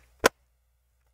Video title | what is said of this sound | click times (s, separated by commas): Macbook Pro a2338 Screen Replacement step by step | the center to click it back in, and | 0.3 s